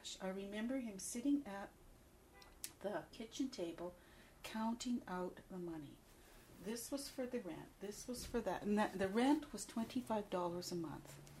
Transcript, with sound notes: I remember him sitting at (car horn) the kitchen table counting out the money. This was for the rent, this was for that and that the rent was twenty-five dollars a month.